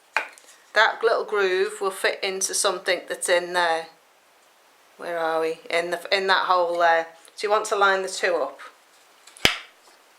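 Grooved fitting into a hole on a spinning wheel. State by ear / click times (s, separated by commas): seated / 9.5 s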